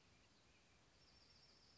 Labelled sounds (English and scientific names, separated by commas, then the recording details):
Bewick's Wren (Thryomanes bewickii)
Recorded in Sonoma County, California